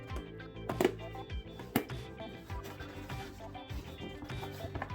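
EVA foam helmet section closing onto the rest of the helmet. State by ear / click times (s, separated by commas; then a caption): seated / 1.8 s. Over background music, two glued EVA foam halves of an Iron Man Mark 4 costume helmet, possibly held together by small magnets, are pushed together for a test fit. The helmet section closes onto the rest of the helmet with a small, sharp snap at 1.8 s, and it seats with a good fit.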